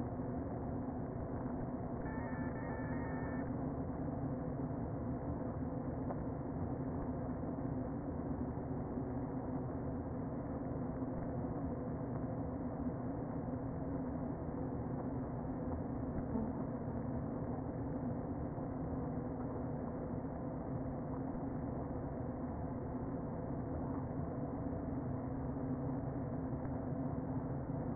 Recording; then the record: honeybee colony, microphone inside the hive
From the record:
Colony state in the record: queen present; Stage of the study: before two queens were removed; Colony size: about 60,000 bees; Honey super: yes